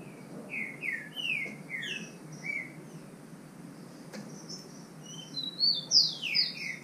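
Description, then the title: Green-winged saltator song: a run of slurred whistled notes, a quieter pause, then a louder burst of higher slurred notes. Bird named Nicão in the bush (mato), competing in song with a free bird. "Trinca Ferro NICÃ O"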